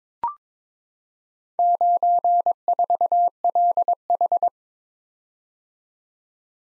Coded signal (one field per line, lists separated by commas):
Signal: Morse code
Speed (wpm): 23 wpm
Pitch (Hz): 700 Hz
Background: none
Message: 94LH